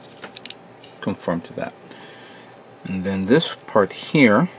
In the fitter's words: Make sure it snaps into place and it's